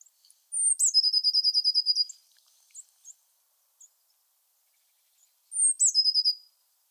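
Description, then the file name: Eurasian blue tit song: a thin high introductory note plunging into a long rapid trill, with a second shorter phrase after a pause and a few faint chips. "Cyanistes caeruleus"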